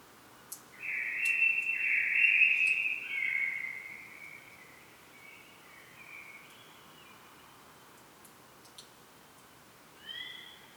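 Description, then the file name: Common blackbird with a loud fluted warble lasting about three seconds, trailing into softer notes, then a short quiet phrase near the end; a few faint clicks. "Turdus merula"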